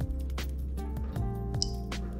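The last sealed wire terminal is gently pushed into a plastic connector housing and latches with a sharp, bright click at 1.6 s, confirming it is seated. Softer broadband rustles come at about 0.4 s and 1.9 s over a steady, music-like tonal background.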